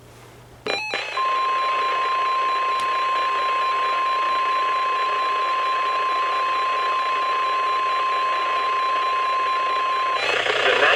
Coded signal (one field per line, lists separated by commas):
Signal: Emergency Alert System (SAME) tones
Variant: 1050 Hz attention tone